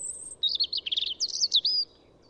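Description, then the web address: European robin song: a high thin whistle, then a bright, rippling phrase of sweet warbles and twittering notes lasting over a second. "SETE Erithacus rubecula"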